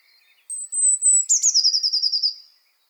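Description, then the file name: Eurasian blue tit song: a thin, very high drawn-out note, then a fast, slightly falling trill of many rapid notes. "Cyanistes caeruleus"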